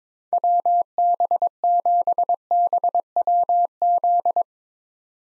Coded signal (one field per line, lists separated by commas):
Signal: Morse code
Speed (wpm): 21 wpm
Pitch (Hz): 700 Hz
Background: none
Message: WB7BWZ